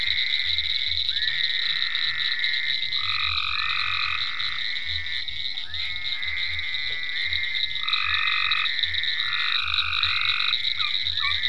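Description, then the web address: Frogs calling in a dense chorus, overlapping long tonal notes and croaks with low pulsing grunts beneath, a steady high hum running throughout. Several frogs calling in ponds on a permaculture farm, recorded 27 May 2010. "venaurafarm frogs-in-ponds 5-27-010-Frogs"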